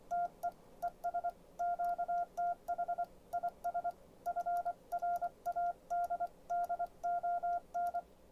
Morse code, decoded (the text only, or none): TE ES QTH IS FRAD DON